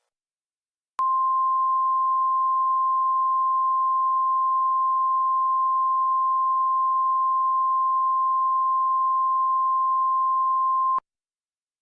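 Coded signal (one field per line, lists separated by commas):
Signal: Emergency Alert System (SAME) tones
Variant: 1050 Hz attention tone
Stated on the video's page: Fictional EAS scenario made for entertainment, not a real event.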